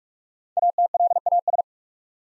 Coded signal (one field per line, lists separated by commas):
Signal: Morse code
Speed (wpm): 44 wpm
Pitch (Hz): 700 Hz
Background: none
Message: ATLAS